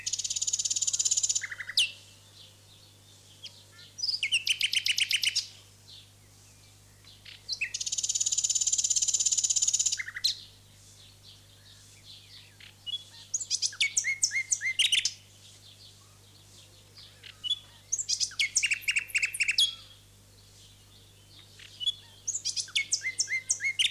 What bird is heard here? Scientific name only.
Luscinia megarhynchos